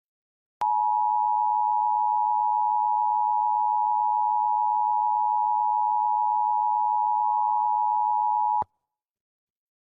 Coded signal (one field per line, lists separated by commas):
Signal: Emergency Alert System (SAME) tones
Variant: 853 and 960 Hz attention tone